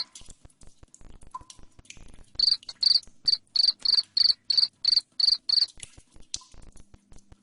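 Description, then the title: Cricket producing faint clicking followed by a bright, regular run of high trilled chirps about three per second, then faint clicks again. Loud cricket chirping played to make lovebirds sing continuously. "Suara JANGKRIK NGERIK Keras Bikin LOVEBIRD Jadi NGEKEK Terus Vubey"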